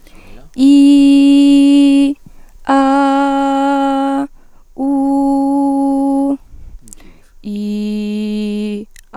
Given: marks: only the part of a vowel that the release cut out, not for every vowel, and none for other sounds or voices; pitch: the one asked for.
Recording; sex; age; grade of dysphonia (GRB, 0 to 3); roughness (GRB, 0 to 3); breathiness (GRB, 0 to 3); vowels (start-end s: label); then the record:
sustained vowels; female; 20 to 29 years; 1; 1; 0
0.66-2.02 s: vowel /i/, high pitch
2.84-4.16 s: vowel /a/, high pitch
4.85-6.22 s: vowel /u/, high pitch
7.53-8.72 s: vowel /i/, low pitch
From the record:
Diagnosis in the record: healthy voice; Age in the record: 21 years